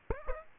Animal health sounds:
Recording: mosquito wingbeat signal from an infrared sensor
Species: Aedes aegypti

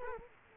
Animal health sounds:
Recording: mosquito wingbeat signal from an infrared sensor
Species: Culex quinquefasciatus

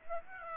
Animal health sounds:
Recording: mosquito wingbeat signal from an infrared sensor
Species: Aedes aegypti

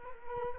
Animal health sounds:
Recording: mosquito wingbeat signal from an infrared sensor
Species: Culex quinquefasciatus

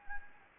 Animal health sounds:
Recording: mosquito wingbeat signal from an infrared sensor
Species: Anopheles gambiae

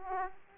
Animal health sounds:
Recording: mosquito wingbeat signal from an infrared sensor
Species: Aedes aegypti

